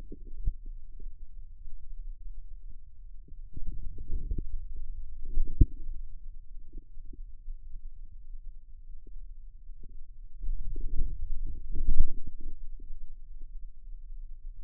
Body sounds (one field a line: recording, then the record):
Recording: forearm muscle sounds (acoustic myography)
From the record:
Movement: outward rotation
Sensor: system 2, bracelet of six BSWA MPA416 microphones around the upper forearm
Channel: 4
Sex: male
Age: 22 years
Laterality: right